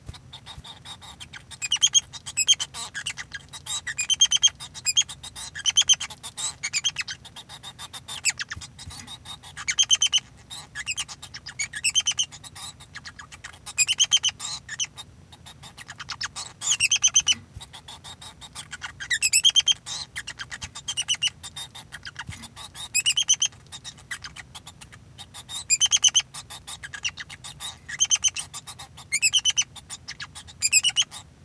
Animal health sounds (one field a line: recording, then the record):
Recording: song of a male Bengalese finch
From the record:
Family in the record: son of father 2